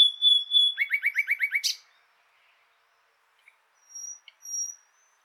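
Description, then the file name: Common nightingale song opening with a clear whistle, then a fast series of about seven identical clipped notes, followed by silence and a few faint high whistles. "Luscinia megarhynchos"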